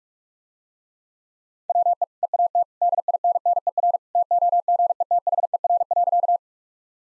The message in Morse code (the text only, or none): WE EAT DINNER TOGETHER.